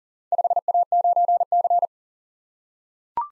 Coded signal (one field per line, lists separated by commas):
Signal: Morse code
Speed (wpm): 42 wpm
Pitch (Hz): 700 Hz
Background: none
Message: 5A9C